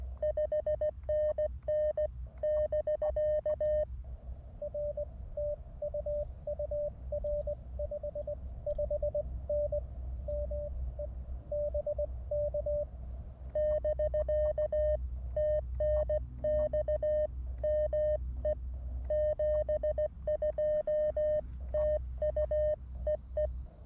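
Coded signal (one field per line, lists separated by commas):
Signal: Morse code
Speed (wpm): 17 wpm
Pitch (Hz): 610 Hz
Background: none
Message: 5NN <BK> R TU UR 55N ME BK <BK> TNX ME 72 TU EE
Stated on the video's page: QRP CW parks-on-the-air activation, sent with a mini paddle on an MTR-4B transceiver into a random wire antenna with balun and tuner.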